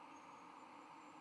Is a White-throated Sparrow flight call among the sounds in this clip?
no